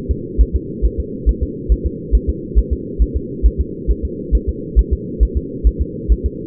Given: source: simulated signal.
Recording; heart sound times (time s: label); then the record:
fetal heart sounds
0.11 s: S2
0.41 s: S1
0.56 s: S2
0.85 s: S1
1.00 s: S2
1.29 s: S1
1.43 s: S2
1.72 s: S1
1.86 s: S2
2.15 s: S1
2.30 s: S2
2.58 s: S1
2.73 s: S2
3.02 s: S1
3.16 s: S2
3.46 s: S1
3.61 s: S2
3.91 s: S1
4.05 s: S2
4.35 s: S1
4.49 s: S2
4.79 s: S1
4.93 s: S2
5.23 s: S1
5.37 s: S2
5.67 s: S1
5.81 s: S2
6.12 s: S1
6.26 s: S2
From the record:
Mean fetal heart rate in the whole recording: 135 bpm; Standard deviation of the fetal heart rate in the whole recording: 3 bpm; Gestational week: 34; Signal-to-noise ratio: -4.1 dB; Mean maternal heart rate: no maternal heart sound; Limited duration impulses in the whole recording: absent